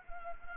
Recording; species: mosquito wingbeat signal from an infrared sensor; Anopheles arabiensis